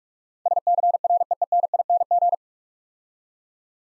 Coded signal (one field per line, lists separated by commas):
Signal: Morse code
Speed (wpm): 43 wpm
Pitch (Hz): 700 Hz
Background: none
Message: SCREENING